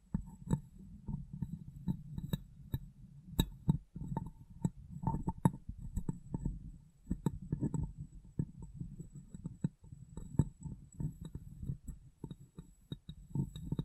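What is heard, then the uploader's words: Tapping and light cleaning sounds on glass, close up, with quick irregular taps and sharp clicks scattered through the whole clip. Underneath runs a soft, low, rumbling rub that rises and falls, and a faint high whine stays steady in the background. ASMR Glass Brain Tapping & Cleaning (No Talking).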